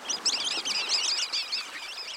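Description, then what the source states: Sanderling calls, continuous high chirping chatter, thin overlapping notes over a low background hiss. On winter shores; sanderlings follow small waves, probing the sand with their beaks for invertebrates as waves retreat, then fleeing as the next wave breaks.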